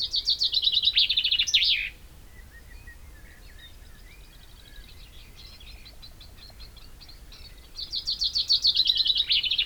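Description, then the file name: Common chaffinch song: the tail of one trilled phrase, several seconds of quiet with faint birds behind, then the rapid opening notes of another phrase. "Fringilla coelebs"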